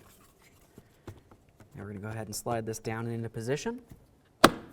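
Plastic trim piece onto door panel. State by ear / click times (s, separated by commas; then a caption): seated / 4.4 s. A plastic door trim piece on the door panel of a 2000-2005 Buick LeSabre, during a front interior door handle replacement, is slid down into position while someone talks, with a few faint ticks around 1.1 to 1.6 s. At 4.4 s it locks into place with a single sharp, loud knock-like snap, and the trim piece is seated.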